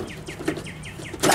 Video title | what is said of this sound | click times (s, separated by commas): Jeep Wrangler CJ & YJ - How to properly install inside door latch handles. | now this is snapped in place up here. | 1.2 s